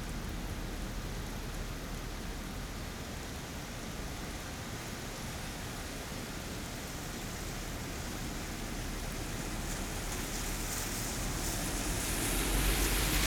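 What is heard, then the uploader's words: Cars pass on a rainy day, heard as a steady, dense hiss of wet road noise with a low rumble underneath. The wash stays even for most of the clip, then swells brighter and louder over the last few seconds as a vehicle approaches. Cars Passing on a Rainy Day.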